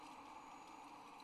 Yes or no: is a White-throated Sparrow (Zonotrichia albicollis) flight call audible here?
no